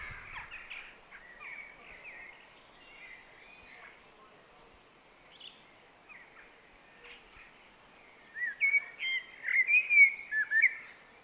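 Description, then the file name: Eurasian blackbird song: faint scattered warbled notes, then a louder run of fluty, slurred whistled phrases over the last three seconds. "Turdus merula"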